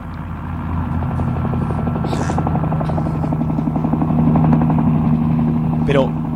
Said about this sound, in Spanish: ¿Qué demonios es ese ruido? ¡Parece un helicóptero! ¿Habéis oído? ¡Hay un helicóptero aterrizando en la parte de atrás!